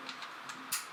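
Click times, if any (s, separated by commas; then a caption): 0.7 s. A cable from the medium motor is plugged into port C of the EV3 brick, the robot's controller. A few faint ticks come first, then a sharp bright click at 0.7 s as the plug seats in the port. No one talks.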